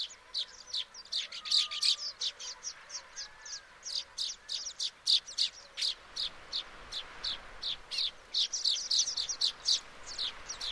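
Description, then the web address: Baya weaver: rapid, thin chips and chattering notes in a steady, busy stream throughout. "Baya weaver. صدای-پرنده-جولای-بایا"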